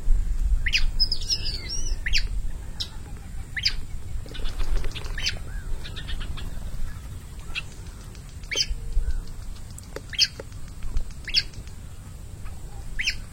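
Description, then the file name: Many-colored rush tyrant: a brief squeaky warble followed by a series of sharp, high clicking notes repeated every one to two seconds, low wind-like rumble throughout. "Canto do papa piri"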